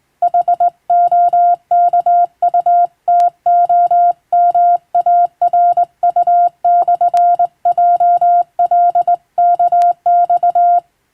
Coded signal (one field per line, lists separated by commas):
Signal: Morse code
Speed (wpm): 20 wpm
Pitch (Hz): 700 Hz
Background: music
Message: HOKUTOMARU/JLKX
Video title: 懐かしいモールス通信、昭和はラジオでよく聞こえました。船と陸との唯一の通信手段、大変貴重で重要な無線通信でした。アマチュア無線、ハムの受信トレーニングにどうぞ morse code practice